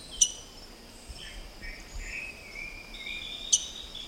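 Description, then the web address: Rose-breasted grosbeak giving two sharp, squeaky metallic chips about three seconds apart over a steady insect hum and faint background bird notes. Recorded in the eastern lowlands of South America. "Natures Songs S America Eastern Lowlands. Rose-breasted Grosbeak"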